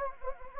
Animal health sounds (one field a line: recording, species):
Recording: mosquito wingbeat signal from an infrared sensor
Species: Anopheles gambiae